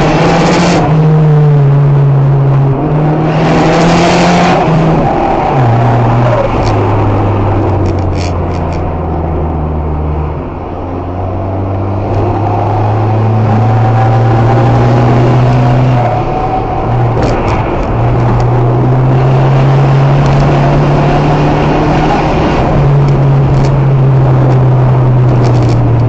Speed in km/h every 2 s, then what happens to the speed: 78, 75, 82, 83, 69, 69, 76, 88, 89, 96, 103, 106, 99.
3-6 speeds up to 83. 6-8 brakes to 69. 10-21 speeds up to 106.